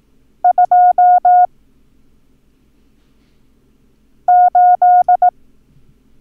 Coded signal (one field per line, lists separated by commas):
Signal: Morse code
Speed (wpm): 18 wpm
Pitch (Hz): 720 Hz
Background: none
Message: 28